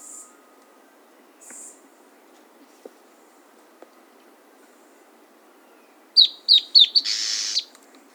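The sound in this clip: Bird giving two brief high buzzes early on, then later a phrase of four sharp falling notes ending in a harsh buzzy trill.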